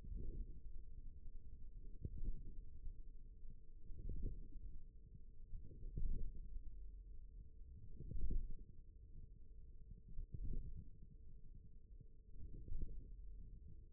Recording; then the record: forearm muscle sounds (acoustic myography)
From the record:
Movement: radial deviation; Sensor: system 1, eight BSWA MPA416 microphones around the upper forearm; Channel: 2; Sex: male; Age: 41 years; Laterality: right